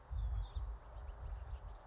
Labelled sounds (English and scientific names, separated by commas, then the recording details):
House Finch (Haemorhous mexicanus)
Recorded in Sonoma County, California